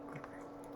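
The automatic-fill dropper cap of a Byroe New York Tomato Serum glass bottle is screwed or pressed back on, giving two short clicks in quick succession at about 0.2 s over a steady low hum. The cap clicks closed and seats, which automatically fills the dropper with a measured amount.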